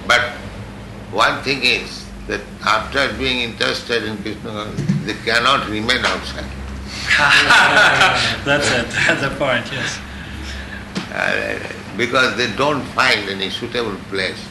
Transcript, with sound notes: But one thing is that after being interested in Kṛṣṇa consciousness, they cannot remain outside.
[laughs] That's it. That's the point, yes.
Because they don't find any suitable place.